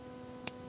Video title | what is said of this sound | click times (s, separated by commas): A Knife Thats A Beautiful Work Of Art | clicks right in just like that and it it's small | 0.5 s